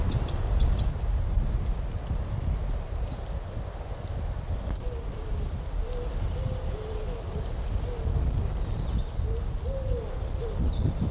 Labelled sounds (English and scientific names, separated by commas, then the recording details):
Eurasian Wren (Troglodytes troglodytes)
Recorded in the wild
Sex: male
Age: adult
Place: Mühlenbecker Land, OT Summt, Brandenburg, DE
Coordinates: 52.6928, 13.3553
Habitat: forest
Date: 1988-04-17 15:21
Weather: 16-18°C
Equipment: Sony WM-D6C, Sony ECM-939 LT, Kopie 19 cm
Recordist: Tembrock, Günter